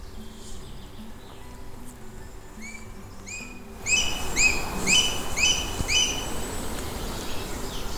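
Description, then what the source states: Booted Eagle alarm call: short, sharp notes repeated about twice a second, becoming louder midway, over background noise. Rarely heard alarm call; the female warns her chick and the male of danger near the nest, such as a goshawk or approaching humans.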